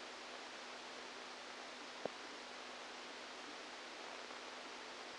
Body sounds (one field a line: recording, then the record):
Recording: brain microelectrode recording played as sound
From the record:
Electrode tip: outside the subthalamic nucleus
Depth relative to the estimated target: -8 mm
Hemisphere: left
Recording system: NeuroSet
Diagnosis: Parkinson's disease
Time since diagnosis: 17 years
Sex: male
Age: 64 years